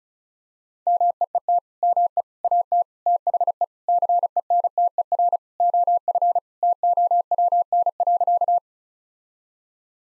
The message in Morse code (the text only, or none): MEET ME AT THE CENTER OF TOWN.